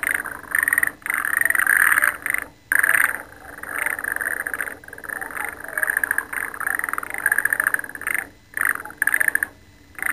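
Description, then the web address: Frogs calling in a dense chorus of rapid, rattling croaks, broken by brief pauses, over a steady high-pitched hiss. "~kyoudou. oto kaeru"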